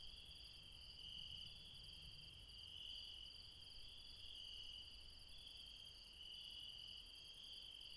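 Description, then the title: Insects chirring in a steady chorus, a continuous high trill with a fainter, rapidly pulsing layer above it, swelling softly now and then. Insects calling late at night in the mountains at Refuge Krevatia, Dion, Greece. "Refuge Krevatia, Μπαρμπαλά, Dion 601 00, Greece - Late night mountain insects"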